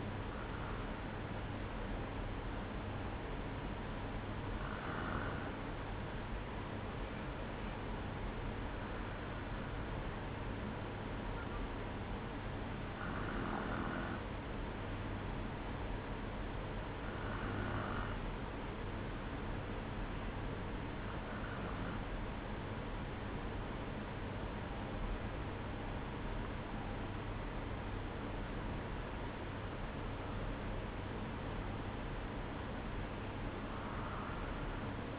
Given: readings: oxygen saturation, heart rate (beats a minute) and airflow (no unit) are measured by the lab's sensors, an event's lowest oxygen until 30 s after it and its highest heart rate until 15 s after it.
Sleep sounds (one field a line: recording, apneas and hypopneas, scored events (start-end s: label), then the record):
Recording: breathing in sleep by a voice recorder at the bedside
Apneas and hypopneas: 1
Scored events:
10.00-23.80 s: hypopnea (N1, oxygen 93% highest, then 93% lowest, heart rate 57 at the start, 68 highest)
10.00-35.19 s: new sleep stage, N1 (lightest sleep)
From the record:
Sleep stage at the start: N2 (light sleep)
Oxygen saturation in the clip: 93 to 94%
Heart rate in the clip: 57 to 68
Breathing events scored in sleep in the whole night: 305 in 9.6 hours asleep